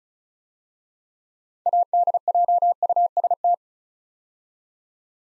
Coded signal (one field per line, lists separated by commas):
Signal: Morse code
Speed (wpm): 36 wpm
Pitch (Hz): 700 Hz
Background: none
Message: ADJUST